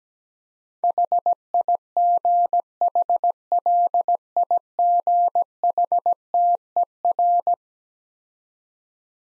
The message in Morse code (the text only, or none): HIGHLIGHTER